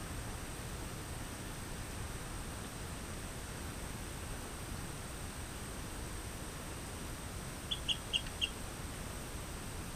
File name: Eleutherodactylus cystignathoides